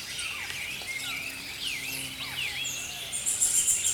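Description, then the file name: Songbirds chirping and whistling in overlapping phrases, with swooping downward notes, and a thin high trilling buzz entering during the final second. Early morning. "Healing Power Natural Sounds Oasis - Early Morning Songbirds"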